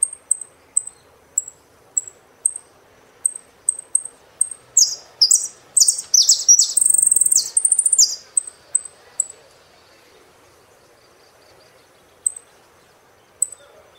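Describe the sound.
Saffron finch song: short high chirps repeated irregularly, then a burst of loud buzzy, jumbled notes and trills in the middle, then scattered chirps again.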